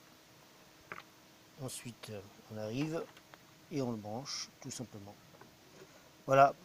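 A coolant level sensor for a 1998 Peugeot 806 is pushed into its seat on the plastic radiator expansion tank. A short, sharp double click sounds at 0.9 and 1.0 s as it clips in and seats, and someone then talks.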